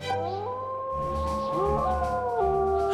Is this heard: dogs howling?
yes